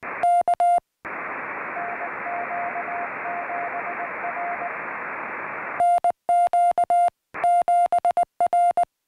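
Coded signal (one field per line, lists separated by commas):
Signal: Morse code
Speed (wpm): 19 wpm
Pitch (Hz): 700 Hz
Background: music, radio noise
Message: K NQ7R NQ7R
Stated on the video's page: CW contacts during a Summits on the Air activation on a summit, worked with ham radio.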